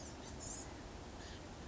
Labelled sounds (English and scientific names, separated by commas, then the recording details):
Blue-gray Gnatcatcher (Polioptila caerulea)
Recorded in Sonoma County, California